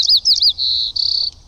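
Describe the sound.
White-crowned sparrow song fragment: three quick slurred chirps, followed by a sustained high whistle and a dry buzzy trill.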